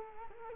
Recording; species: mosquito wingbeat signal from an infrared sensor; Culex quinquefasciatus